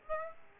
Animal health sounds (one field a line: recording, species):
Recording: mosquito wingbeat signal from an infrared sensor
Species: Aedes aegypti